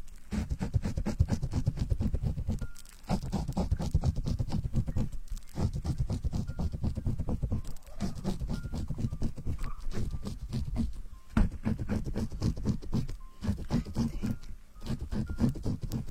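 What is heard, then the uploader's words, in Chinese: Hair being washed, with fingers scratching through foamy lather. The sound is a dense, crackly squelching with a strong low rub beneath, running almost continuously. Brief pauses break it near 3, 5.5, 8, 11 and 14.5 seconds before the scrubbing resumes. 洗头发 纯泡沫挠头音。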